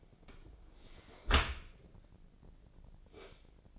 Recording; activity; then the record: daily activity, microphone in the room; close dishwasher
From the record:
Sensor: 5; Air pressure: 1012.4 hPa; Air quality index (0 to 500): 157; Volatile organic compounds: 2 ppm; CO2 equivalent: 1068 ppm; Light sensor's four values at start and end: 105/253/107/120 and 105/253/107/120